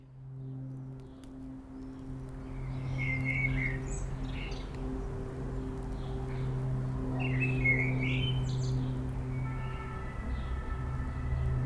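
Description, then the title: Common blackbird song: short fluty warbled phrases with higher twittery ends, heard twice, over a steady loud low hum of traffic. Blackbird singing in a city amid urban road traffic and aircraft noise, Aix-les-Bains, France. "51 Rue Maryse Bastié, Aix-les-Bains, France - Merle dans la ville"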